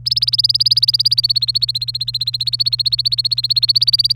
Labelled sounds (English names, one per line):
Domestic Canary song